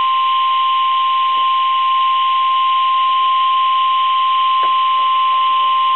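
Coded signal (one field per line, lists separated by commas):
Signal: Emergency Alert System (SAME) tones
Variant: 1050 Hz attention tone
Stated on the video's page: Required Weekly Test of NOAA weather radio station WXJ-88.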